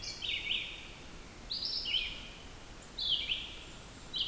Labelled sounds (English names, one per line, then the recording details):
Red-eyed Vireo song
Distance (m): 40 m
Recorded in boreal forest in Alberta, Canada, on 14 June 2016 at 06:28
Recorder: SongMeter 3, array SBT-3-33
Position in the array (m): 153 m, 177 m